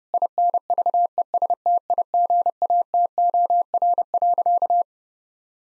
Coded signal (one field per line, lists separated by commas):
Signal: Morse code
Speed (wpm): 32 wpm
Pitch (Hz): 700 Hz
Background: none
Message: INVESTIGATOR.